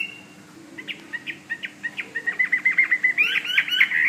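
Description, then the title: Bird song opening as a quick series of short chirps that speed up and grow louder, running into a buzzy, fast trill at the close. "SuaraBurung Kicau"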